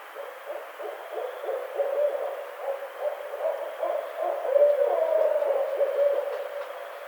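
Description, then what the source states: Barred owl calling in a fast, uneven series of short hoots that swell and fade throughout, with a constant hiss underneath. Recorded on 23 April 2009.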